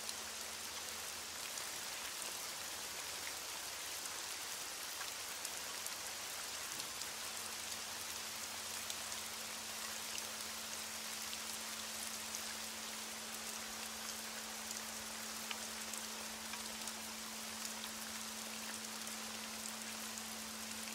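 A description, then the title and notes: Steady, dense rain hisses evenly throughout, with a faint constant low hum underneath and occasional brighter drops ticking close by. Nature Sounds: Rainstorm.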